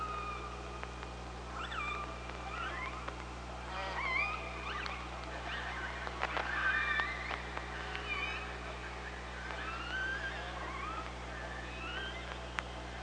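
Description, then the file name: Killer whale calls underwater: a mix of short upsweeps, bending tones and a few whistles, overlapping and irregular, over constant low hum. Recorded by OrcaLab hydrophone on 24 August 2017 at 05:27. "Orca Lab UTLN JASON 20170824 052721"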